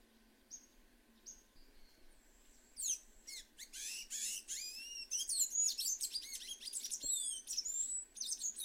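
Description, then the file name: Sayaca tanager singing: a few faint thin notes, then a long tumbling stream of squeaky, high-pitched twitters and slurred chips lasting several seconds. "Canto do sanhacu azul"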